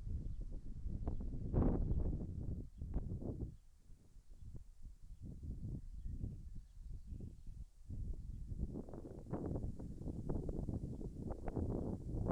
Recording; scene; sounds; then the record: everyday scene through a hearing-aid microphone; wind on the microphone; wind, birds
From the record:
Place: in front of a rural house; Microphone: behind the ear, left, front